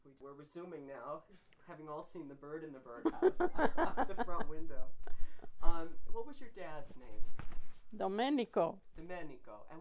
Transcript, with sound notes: We're resuming now, having all seen the bird in the birdhouse out the front window. ( they laugh ) Um, what was your dad's name?
Domenico.
Domenico.